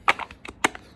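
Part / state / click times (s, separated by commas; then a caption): plastic spacers fitting onto a motorcycle lithium battery / seated / 0.1 s, 0.7 s. Large, medium and small plastic battery spacers are fitted together around a NOCO lithium battery for a Moto Guzzi Eldorado motorcycle. Two sharp, bright clicks ring out at 0.1 s and 0.7 s, with fainter ticks between them. The spacers snap and lock into place.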